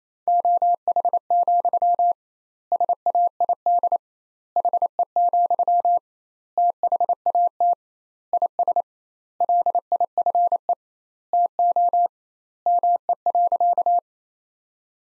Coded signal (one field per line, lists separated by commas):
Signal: Morse code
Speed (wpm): 27 wpm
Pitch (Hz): 700 Hz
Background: none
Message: OH, SAID HE, THAT IS LIFE TO ME.